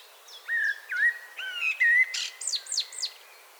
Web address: SETE data Turdus merula 181122